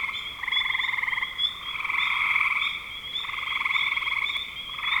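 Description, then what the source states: Frogs trilling in overlapping pulsed calls, stronger bursts alternating with softer gaps every second or so, above a steady shrill drone. Frogs in spring 2025.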